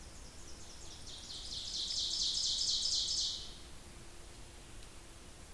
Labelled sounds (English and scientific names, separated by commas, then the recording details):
Ovenbird (Seiurus aurocapilla) song
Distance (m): 45 m
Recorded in boreal forest in Alberta, Canada, on 26 May 2016 at 06:33
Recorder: SongMeter 3, array SBT-3-15
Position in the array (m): 46 m, 237 m
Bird 20